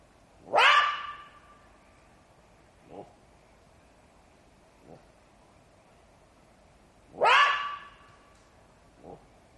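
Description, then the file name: Jackal calls: two loud rising yelps several seconds apart, each with a ringing tail, and a few soft faint notes. "zvuki shakala"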